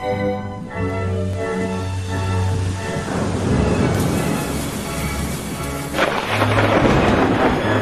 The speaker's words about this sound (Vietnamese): Trên bầu trời mưa gió vẫn cứ trút xuống.